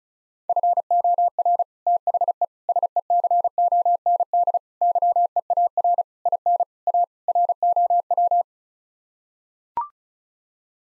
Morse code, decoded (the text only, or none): FOR THE SECOND YEAR IN A ROW